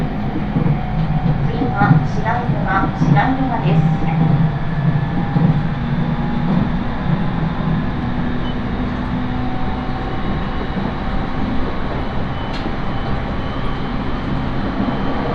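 Inside a Tohoku Line 701-series train from Sendai, a steady low rumble of the carriage runs throughout, with brief voices near the start.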